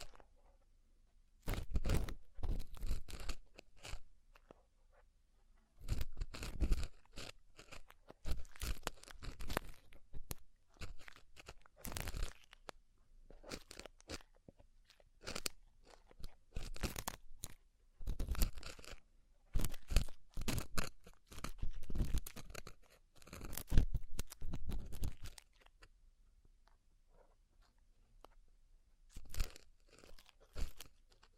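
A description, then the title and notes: Crunchy scraping and rustling, as in a deep ear cleaning, coming in bursts of a second or two separated by short silences. The sounds are crisp and bright, with faint low thumps and a quiet background. ASMR Deep Ear Cleaning Session. (No Talking).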